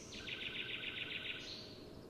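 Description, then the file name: Eurasian wren gives a dry churring rattle of rapid, even pulses lasting just over a second, with steady low background noise. "Troglodytes troglodytes"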